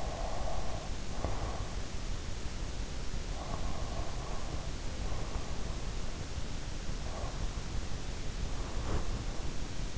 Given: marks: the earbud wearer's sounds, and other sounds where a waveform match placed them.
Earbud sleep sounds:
sounds in sleep by an in-ear microphone; breath
0.00-1.87 s: breath
3.36-5.75 s: breath
8.64-9.36 s: sound from someone else or the room

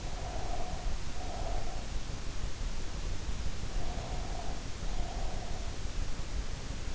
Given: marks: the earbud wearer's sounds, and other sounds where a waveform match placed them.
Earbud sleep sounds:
sounds in sleep by an in-ear microphone; breath
0.05-2.00 s: breath
3.72-5.86 s: breath

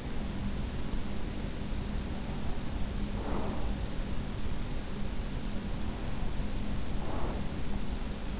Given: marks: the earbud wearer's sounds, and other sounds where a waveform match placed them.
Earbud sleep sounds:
sounds in sleep by an in-ear microphone; breath
2.84-4.01 s: breath
6.62-7.76 s: breath

